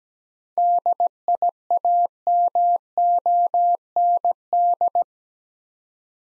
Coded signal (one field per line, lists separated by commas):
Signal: Morse code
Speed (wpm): 17 wpm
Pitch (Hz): 700 Hz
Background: none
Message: DIAMOND